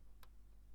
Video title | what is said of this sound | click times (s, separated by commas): How to replace the rear tail lights on BMW E91 323i 325i 328i 330i Touring Wagon | taillight assembly back and hear it click in | 0.2 s